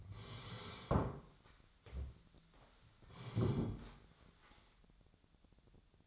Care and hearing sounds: daily activity, microphone in the room; sit down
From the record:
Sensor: 3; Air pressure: 1015.2 hPa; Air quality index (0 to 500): 154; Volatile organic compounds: 10 ppm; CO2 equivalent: 2198 ppm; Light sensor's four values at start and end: 13/33/13/14 and 15/40/16/17

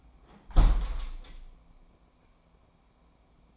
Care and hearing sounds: daily activity, microphone in the room; close window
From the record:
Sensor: 1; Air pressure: 1012.4 hPa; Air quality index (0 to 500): 170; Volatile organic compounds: 3 ppm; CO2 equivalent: 1388 ppm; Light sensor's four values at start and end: 229/527/232/256 and 241/556/245/270

